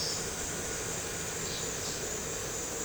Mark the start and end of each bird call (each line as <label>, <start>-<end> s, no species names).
bird call, 1.35-2.00 s